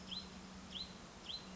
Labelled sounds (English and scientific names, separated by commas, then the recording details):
Hutton's Vireo (Vireo huttoni)
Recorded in Sonoma County, California